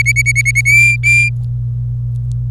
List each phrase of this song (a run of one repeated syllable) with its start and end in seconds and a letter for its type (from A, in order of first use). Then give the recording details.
0.00-0.61 A, 0.65-1.29 B. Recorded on 26 April 2018 at 07:37. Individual llb3